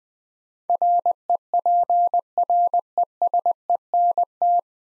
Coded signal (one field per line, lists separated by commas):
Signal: Morse code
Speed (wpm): 20 wpm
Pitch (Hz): 700 Hz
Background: none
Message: REPRESENT